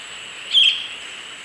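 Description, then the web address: Boat-billed flycatcher giving a single short, harsh high call over a steady high hiss. Recorded in the eastern lowlands of South America. "Natures Songs S America Eastern Lowlands. Megarynchus pitangua, call"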